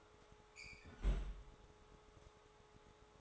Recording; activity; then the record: daily activity, microphone in the room; close fridge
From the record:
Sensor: 3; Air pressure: 1004.6 hPa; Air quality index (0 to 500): 193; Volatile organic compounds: 13 ppm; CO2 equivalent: 2420 ppm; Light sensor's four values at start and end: 5/13/5/5 and 5/13/5/5